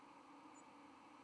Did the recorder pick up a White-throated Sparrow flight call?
no